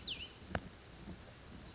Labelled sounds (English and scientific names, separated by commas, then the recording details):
Oak Titmouse (Baeolophus inornatus)
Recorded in Sonoma County, California